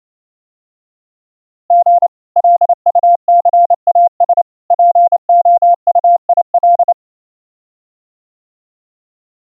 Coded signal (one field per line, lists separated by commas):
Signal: Morse code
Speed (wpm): 28 wpm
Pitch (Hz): 700 Hz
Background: none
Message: G LUCAS POUIL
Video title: Morse Code over CWCom: tips for better cw receive morse tone audio quality